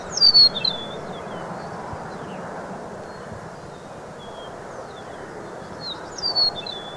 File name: Eastern Meadowlark